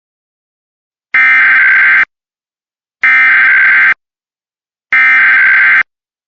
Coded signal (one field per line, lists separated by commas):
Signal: Emergency Alert System (SAME) tones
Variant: header bursts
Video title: Missouri blue alert EAS #30